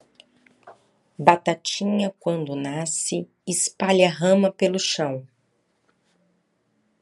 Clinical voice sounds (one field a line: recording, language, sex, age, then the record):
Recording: short text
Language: Brazilian Portuguese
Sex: female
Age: 40 to 49 years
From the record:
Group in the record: control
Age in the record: 44 years